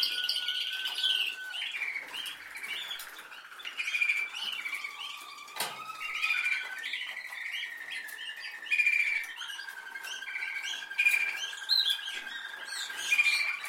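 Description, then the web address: Canary song of long steady whistled notes and short rolling trills. "Canari Seda Canari"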